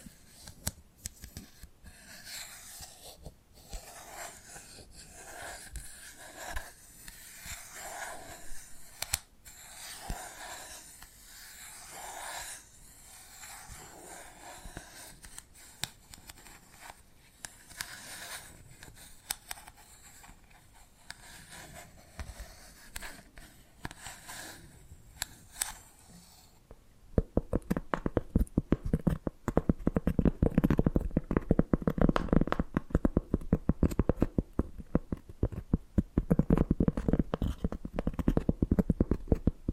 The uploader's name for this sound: ASMR Hypnotic Tapping and Scratching Sounds